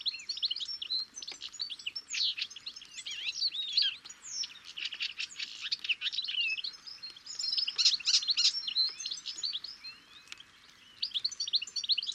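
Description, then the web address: Bird chirping, loud and almost continuous, packed with high, rapid, twittering notes and only a short lull near the end. "Deverinetal 2025 File origin Bird Only"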